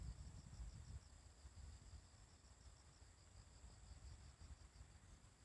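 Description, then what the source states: Bell cricket song, continuous chains of high ringing pulses throughout, beside another steady insect hum and soft low background noise. Morning, on a riverside walking path; the recordist wonders whether these are the last bell crickets of the year.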